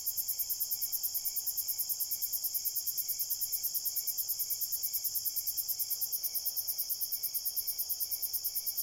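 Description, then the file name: Crickets in an unbroken shrill drone with fast rhythmic pulsing throughout, nothing else audible. Crickets at night in a cornfield. "Crickets, Night, Cornfield, Shaker"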